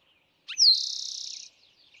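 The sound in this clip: Eastern towhee song with a brief first note, a clear falling whistle, and a quick steady trill, then faint soft notes afterward.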